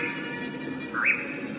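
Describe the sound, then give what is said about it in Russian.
A nightjar's churring song over a pine forest, a steady mechanical purring trill held without a break, with a brief rising, slightly louder note near the end. No one speaks. “Все тот же таинственный козадой. Так он поет.”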